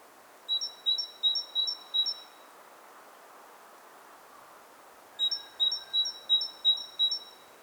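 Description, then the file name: Great tit repeating a ringing two-note motif, five quick pairs, a silent gap of about three seconds, then six more pairs, with faint steady noise behind. "Parus major"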